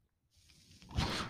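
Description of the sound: Brief rising whoosh of air from a home mechanical ventilator, building and peaking after a moment of quiet.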